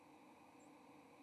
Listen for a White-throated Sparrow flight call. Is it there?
no